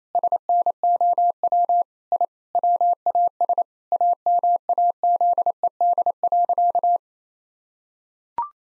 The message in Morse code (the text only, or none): SNOW I WAS AMAZED.